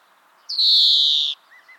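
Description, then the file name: European greenfinch producing a single long, buzzy wheeze that falls gently in pitch, followed by faint soft notes. "Chloris chloris"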